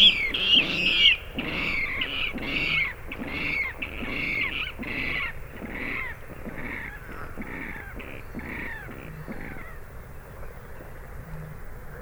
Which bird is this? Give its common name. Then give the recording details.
Water Rail. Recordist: Frommolt, Karl-Heinz